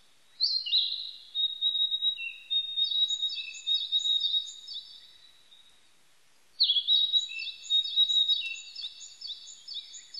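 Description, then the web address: Narcissus flycatcher song: two phrases of high clear whistles and rapid repeated chirping notes, each lasting several seconds with a quiet gap between them. Recorded 25 April 1998. "1998 980425 kibitaki"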